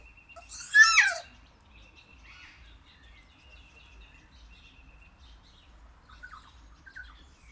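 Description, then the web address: Kea call: a single harsh, falling screech near the start, followed by faint high whistles and soft chirps. Recorded at Jászberény Zoo in 2016. "jaszberenyizoo 2016 professzionalis kea"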